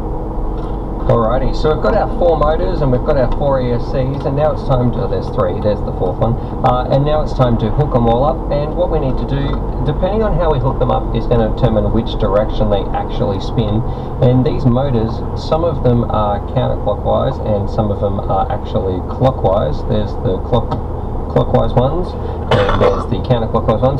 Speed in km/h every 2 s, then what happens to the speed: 45, 44, 44, 45, 45, 45, 42, 39, 37, 37, 39, 42.
0-10 steady at about 45. 10-15 slows to 37.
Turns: none.